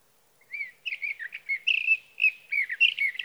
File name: Sage Thrasher